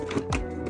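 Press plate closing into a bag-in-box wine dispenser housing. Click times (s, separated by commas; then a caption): 0.1 s, 0.4 s. The press plate of a Boxxle premium bag-in-box wine dispenser is pushed all the way down into its housing, with music playing in the background. Sharp clicks land at about 0.1 s and 0.4 s as the plate latches shut, leaving it seated and closed.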